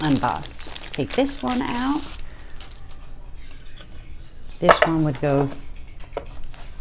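Someone talks while handling a plastic piece from a USB C to USB C cable product near its holder tray, with brief light handling sounds between the speech. The piece has not yet been pressed into its spot in the tray, and nothing has seated or clicked yet.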